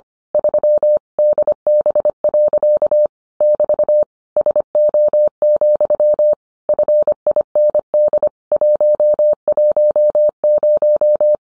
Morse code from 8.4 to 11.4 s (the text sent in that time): 110